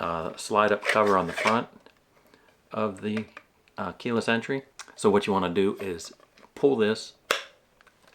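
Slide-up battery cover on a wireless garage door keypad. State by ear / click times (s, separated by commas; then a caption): released / 7.3 s. Someone talks while sliding the plastic battery cover up on the front of a Marantec M13-631 wireless garage door keypad. The cover gives a sharp click at 7.3 s as it hits an internal detent stop, which has to be pulled past before the cover comes off, and the cover is released.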